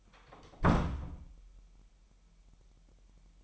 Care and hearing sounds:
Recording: daily activity, microphone in the room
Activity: close door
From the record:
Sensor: 1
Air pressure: 998.5 hPa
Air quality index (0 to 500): 128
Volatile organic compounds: 3 ppm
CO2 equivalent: 1537 ppm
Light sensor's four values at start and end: 20/64/26/27 and 20/65/26/27

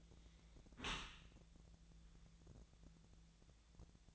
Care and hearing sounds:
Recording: daily activity, microphone in the room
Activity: close dishwasher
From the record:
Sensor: 3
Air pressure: 1000.5 hPa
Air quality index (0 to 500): 174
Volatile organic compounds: 3 ppm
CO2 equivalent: 1504 ppm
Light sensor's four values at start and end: 13/35/13/15 and 13/35/13/15

